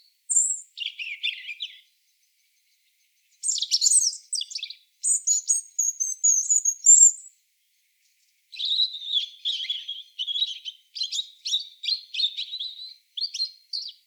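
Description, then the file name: European robin sings a high, thin whistled phrase, then a silence of a couple of seconds, then rapid tinkling trills and a long series of quick repeated chips. "Erithacus rubecula"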